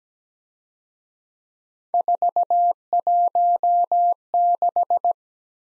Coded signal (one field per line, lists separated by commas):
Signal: Morse code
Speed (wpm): 20 wpm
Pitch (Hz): 700 Hz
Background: none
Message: 416